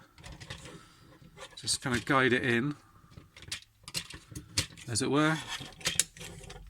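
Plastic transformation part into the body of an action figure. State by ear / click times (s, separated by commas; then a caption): seated / 6.0 s. A plastic transformation part is guided into its slot in the body of a plastic Optimus Prime action figure while someone talks. Small plastic handling clicks and rattles are heard, then a sharp click at 6.0 s as the part seats in place.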